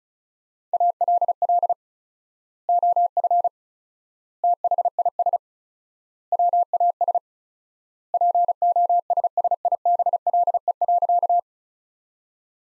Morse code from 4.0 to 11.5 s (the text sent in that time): THIS WAS POSSIBLE.